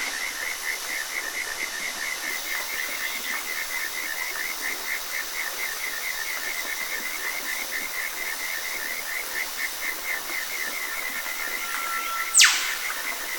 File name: zapsplat nature rainforest evening ambience australia stream insects birds eastern whipbird